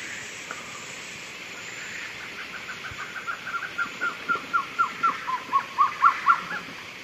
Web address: Natures Songs S America Eastern Lowlands Trogon curucui, songs 2 birds